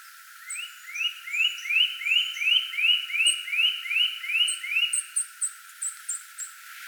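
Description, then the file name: Eurasian nuthatch calling a steady run of about eleven rising whistled notes, nearly three per second, with brief high chips toward the end. "Sitta europaea"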